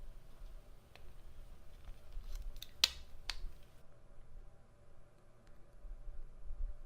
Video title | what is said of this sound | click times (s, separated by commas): Build a WiFi - enabled LED You tube suscribers counter_ new version | also snap right into the board | 2.8 s